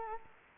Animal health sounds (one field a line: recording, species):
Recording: mosquito wingbeat signal from an infrared sensor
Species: Anopheles arabiensis